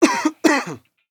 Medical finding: Cough.